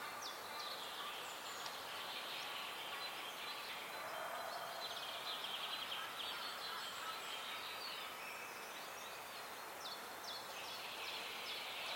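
Birds in a forest form a dense, unbroken chorus of high chirps and trills over a steady hiss that never lets up.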